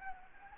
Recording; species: mosquito wingbeat signal from an infrared sensor; Anopheles gambiae